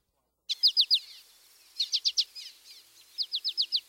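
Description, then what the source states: American Goldfinch flight call: three short bursts of quick, high chip notes. Diagnostic call note, often given during the bird's undulating flight, rendered as pachikari.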